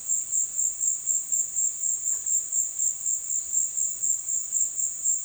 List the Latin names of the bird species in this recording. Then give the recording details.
none. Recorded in dense forest near Puerto Asís, Putumayo, Colombia, on 18 February 2024 at 16:30. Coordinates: 0.496, -76.326. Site G6383